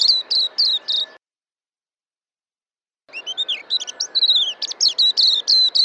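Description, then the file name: White-eye song with a few clipped high chirps, a silent break, then a lively rush of twittering, slurred notes. "suara kicauan burung kacamata perak. omkicau"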